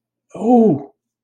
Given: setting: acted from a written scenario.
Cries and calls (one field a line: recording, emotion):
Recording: vocal sound without words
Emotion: distress